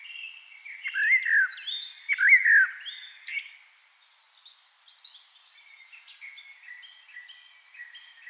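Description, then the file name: Eurasian blackbird with two loud fluty phrases and squeaky high notes, then a long quiet stretch of faint twittering. "Turdus merula"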